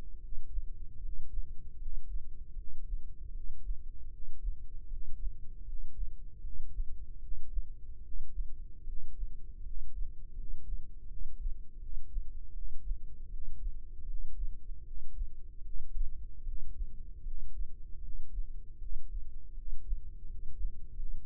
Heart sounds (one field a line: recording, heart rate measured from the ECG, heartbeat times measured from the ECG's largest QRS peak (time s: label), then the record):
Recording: heart sounds by microphone in the left ear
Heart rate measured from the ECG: 78 bpm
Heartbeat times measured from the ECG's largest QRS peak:
0.20 s: heartbeat
1.01 s: heartbeat
1.78 s: heartbeat
2.55 s: heartbeat
3.32 s: heartbeat
4.10 s: heartbeat
4.89 s: heartbeat
5.65 s: heartbeat
6.42 s: heartbeat
7.20 s: heartbeat
8.02 s: heartbeat
8.85 s: heartbeat
9.63 s: heartbeat
10.35 s: heartbeat
11.08 s: heartbeat
11.79 s: heartbeat
12.53 s: heartbeat
13.29 s: heartbeat
14.06 s: heartbeat
14.84 s: heartbeat
15.63 s: heartbeat
16.44 s: heartbeat
17.23 s: heartbeat
18.01 s: heartbeat
18.79 s: heartbeat
19.54 s: heartbeat
20.27 s: heartbeat
20.95 s: heartbeat
From the record:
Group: healthy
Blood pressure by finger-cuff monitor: 118/67 mmHg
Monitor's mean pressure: 79 mmHg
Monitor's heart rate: 77 bpm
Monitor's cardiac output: 7.2 L/min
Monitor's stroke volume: 94 mL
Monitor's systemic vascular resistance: 800 dyn s/cm5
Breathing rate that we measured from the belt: 16 breaths a minute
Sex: male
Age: 19 years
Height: 178 cm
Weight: 83 kg